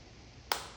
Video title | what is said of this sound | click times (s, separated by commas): Self DUPIXENT® (dupilumab) Injection - In My Stomach - Step by Step - Tutorial - Guide 😁 | There's my one click. | 0.5 s